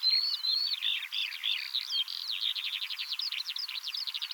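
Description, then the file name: Eurasian skylark giving a rapid, buzzy stream of trilled and twittered notes that runs on without a break. "Veldleeuwerik Alauda arvensis"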